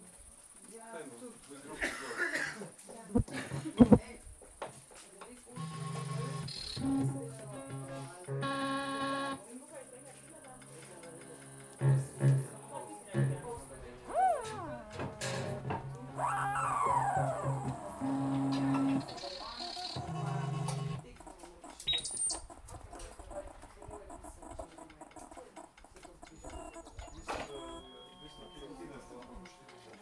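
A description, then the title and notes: A walk around a camp, with voices talking on and off and a steady high insect whine running throughout. Sharp knocks land near the four-second mark, and rising and falling calls, perhaps animals or birds, sound in the middle stretch. Half an hour walk around the camp and collecting the sounds.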